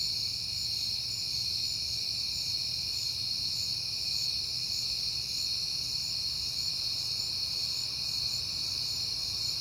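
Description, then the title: Cricket chorus, a constant high trilling drone that never pauses, with a soft low hum underneath. Recorded on a peaceful night in September. "Night Time: Crickets and Passing Cars"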